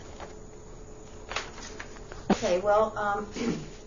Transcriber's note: sound of papers rustling